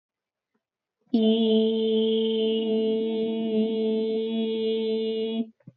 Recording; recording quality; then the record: sustained vowel as in beet; excellent, no background noise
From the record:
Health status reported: healthy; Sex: female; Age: 20 years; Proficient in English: yes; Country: India